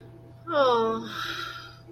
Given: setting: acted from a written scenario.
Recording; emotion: vocal sound without words; romantic love